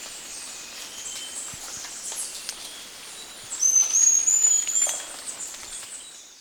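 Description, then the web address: Bronze-olive pygmy-tyrant song: a thin, very high trilled note, slightly rising, set against a steady background hiss. Recorded in Ecuador. "Birds of Ecuador 3. Bronze-Olive Pygmy-Tyrant"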